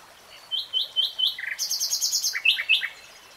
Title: [Tiếng chim hót] Nightingale Singing